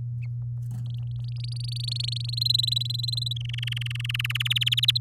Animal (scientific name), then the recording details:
Serinus canaria. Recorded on 7 May 2018 at 06:17. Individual llb16